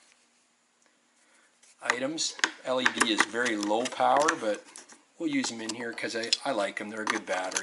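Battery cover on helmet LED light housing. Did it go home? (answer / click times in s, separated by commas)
no / none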